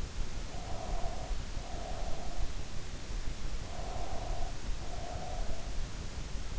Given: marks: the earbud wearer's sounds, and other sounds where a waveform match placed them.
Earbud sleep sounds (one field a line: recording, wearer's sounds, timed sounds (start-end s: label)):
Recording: sounds in sleep by an in-ear microphone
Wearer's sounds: breath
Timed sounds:
0.48-2.50 s: breath
3.46-5.79 s: breath